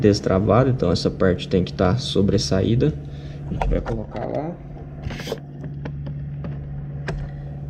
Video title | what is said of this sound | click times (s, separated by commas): CB 500 X - Como regular os faróis (alto e baixo) e defeito grave neles | e apertar no centro dela até ouvir o clique. Pronto. | 7.1 s